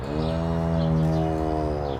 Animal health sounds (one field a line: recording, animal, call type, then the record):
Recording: contact call of a hoofed animal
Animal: cattle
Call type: low-frequency (closed-mouth) or high-frequency (open-mouth) call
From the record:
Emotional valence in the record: negative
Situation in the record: full separation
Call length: 1.99 s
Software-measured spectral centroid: 1310 Hz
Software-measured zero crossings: 960 a second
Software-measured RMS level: -24 dBFS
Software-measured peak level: -12 dBFS